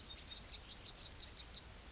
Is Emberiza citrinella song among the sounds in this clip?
yes